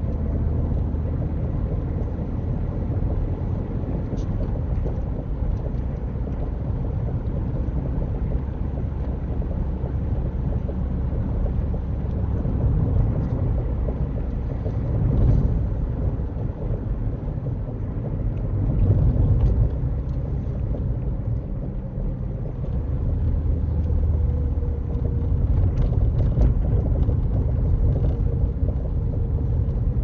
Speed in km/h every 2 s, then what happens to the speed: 61, 63, 64, 68, 66, 66, 63, 56, 53, 47, 44, 40, 40, 39, 35.
0-6 speeds up to 68. 10-30 slows to 35.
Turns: none.